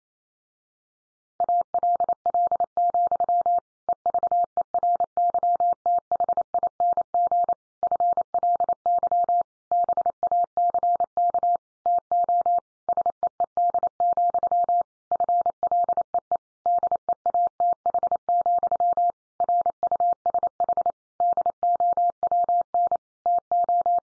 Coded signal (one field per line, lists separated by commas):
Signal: Morse code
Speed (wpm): 28 wpm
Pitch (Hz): 700 Hz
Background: none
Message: ALL, EVERYTHING FLY BACK TO SEED, FLEE DEATH, RUSH DOWN TO